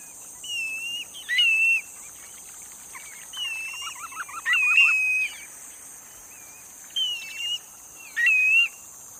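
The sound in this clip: Bird repeating level, wavering whistles, often opened by a sharp upward note, roughly every one to two seconds, with softer chirps between and a steady high drone.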